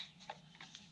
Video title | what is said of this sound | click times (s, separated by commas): MK7 one thing you should do! mk7 Oil change!!! | you hear it click that's good enough make sure you wipe the area and | 0.3 s, 0.8 s